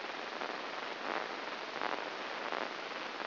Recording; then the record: brain microelectrode recording played as sound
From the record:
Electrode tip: inside the subthalamic nucleus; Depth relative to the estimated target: 0 mm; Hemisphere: right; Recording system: AlphaMap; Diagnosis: Parkinson's disease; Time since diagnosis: 12 years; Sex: female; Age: 47 years